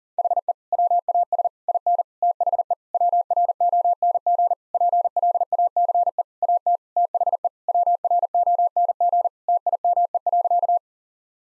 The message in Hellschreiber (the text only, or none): none